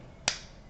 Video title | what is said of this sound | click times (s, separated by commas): Demo of Portable Nebulizer | when it is locked in, you will hear a clicking sound like | 0.3 s